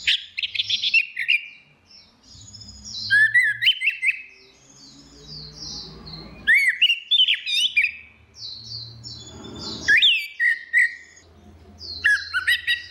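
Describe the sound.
Orange-headed thrush song, bursts of varied whistles and chatter over a low background rumble and faint noise between phrases.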